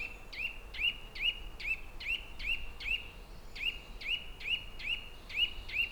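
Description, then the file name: Eurasian nuthatch repeating clear, rising piping notes at a steady pace of roughly two or three per second. "Sitta europaea"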